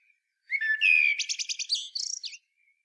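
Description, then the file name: Common blackbird singing a single phrase: mellow fluted whistles followed by a fast, high-pitched twittering flourish, then silence. "Turdus merula"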